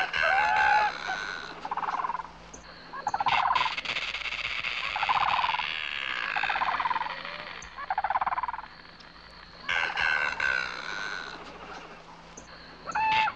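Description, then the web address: Bird calls: harsh, noisy churring bursts with brief whistled notes at the start and end. "Звуки природы - птицы"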